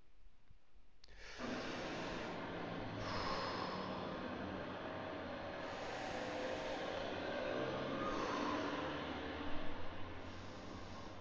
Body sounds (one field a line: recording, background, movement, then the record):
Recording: deep breathing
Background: traffic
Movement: sitting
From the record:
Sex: male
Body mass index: 21.0 kg/m2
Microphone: on the chest, facing outward